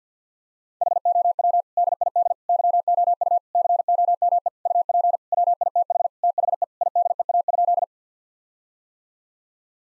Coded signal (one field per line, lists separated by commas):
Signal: Morse code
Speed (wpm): 50 wpm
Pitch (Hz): 700 Hz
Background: none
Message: HOW DID YOU COME UP WITH THE IDEA?